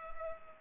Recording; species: mosquito wingbeat signal from an infrared sensor; Culex pipiens